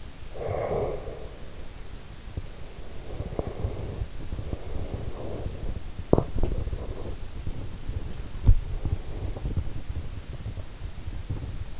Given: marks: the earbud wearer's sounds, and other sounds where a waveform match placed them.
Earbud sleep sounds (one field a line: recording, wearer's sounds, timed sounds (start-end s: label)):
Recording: sounds in sleep by an in-ear microphone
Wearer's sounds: breath, teeth grinding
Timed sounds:
0.34-2.09 s: breath
3.06-11.80 s: teeth grinding